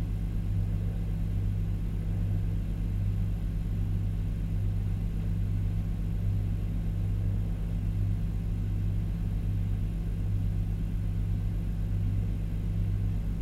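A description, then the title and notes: A refrigerator heard from inside: a steady, close, low hum with a deep drone and a slight regular throb in it. The level holds even for the whole stretch, with only a faint airy hiss above and no distinct events. Inside my fridge. What goes on inside a fridge when the door is closed.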